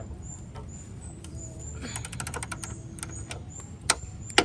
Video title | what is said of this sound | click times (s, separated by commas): Van Build Episode 8: How we made our Roof Deck and Racks | there we go you hear that click that means that this is tight enough so it's | 3.9 s